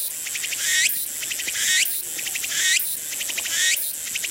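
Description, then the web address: Walker's cicada song: a loud, high, pulsed buzzing phrase ending in a rising sweep, repeated about once a second without pause. Insect call. "セミ ツクツクボウシ（ツクツクホウシ）の鳴き声. arpla 自然音研究室"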